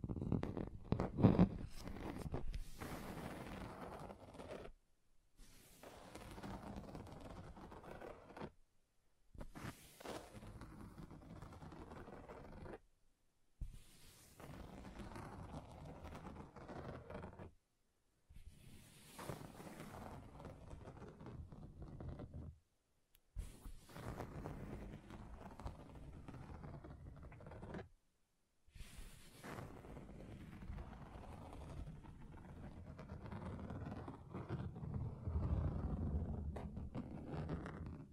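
A table surface is scratched in a series of separate passes, each lasting a few seconds and broken by short silences about every five seconds. The scraping is a dense, rough rasp with a low rumble beneath, and the final pass grows louder and heavier.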